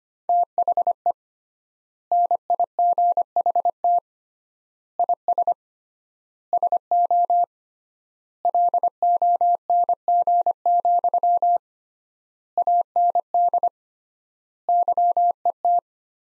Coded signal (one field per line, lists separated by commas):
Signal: Morse code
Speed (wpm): 25 wpm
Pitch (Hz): 700 Hz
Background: none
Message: THE NIGHT IS SO LONG, AND YET